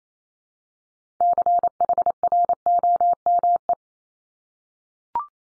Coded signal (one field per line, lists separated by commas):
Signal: Morse code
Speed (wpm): 28 wpm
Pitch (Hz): 700 Hz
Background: none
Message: CHROME